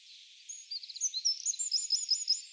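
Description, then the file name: Eurasian wren song fragment: a brief run of sharp, high twittering notes and short trilled bursts over a steady background hiss. "Troglodytes troglodytes"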